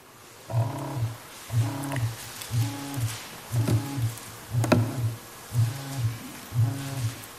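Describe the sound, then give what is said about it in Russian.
A mobile phone vibrates during a church service in a steady series of about seven short, low buzzing pulses, each lasting around half a second with brief gaps between, moderately loud and with no talking. “Что-то тут жужжит.”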